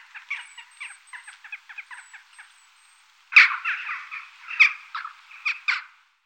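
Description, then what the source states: Western jackdaw giving short, clipped chack calls, a rapid soft series at first, then louder, sharper single calls spaced irregularly after a brief silence. Recorded in Germany, Austria and Switzerland.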